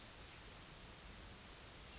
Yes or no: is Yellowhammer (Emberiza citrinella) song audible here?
no